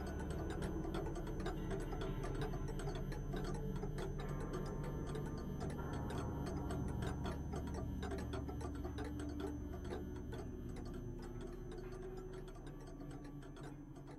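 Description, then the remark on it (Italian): A clock ticks steadily at an even, regular pace, each tick a crisp click, layered over a constant low hum that runs the whole length with no one speaking. “Avevo visto un orologio.”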